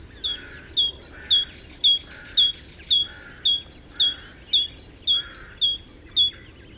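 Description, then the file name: Great tit song: rapid two-note phrases, a high thin note then a lower one, repeated steadily for several seconds. "Parus major"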